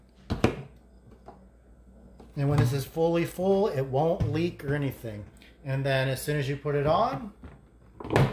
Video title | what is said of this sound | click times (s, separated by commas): Primo Countertop Water Dispenser Top Loading Review | there's the puck the seal we push down you'll hear a pop | 0.3 s, 0.4 s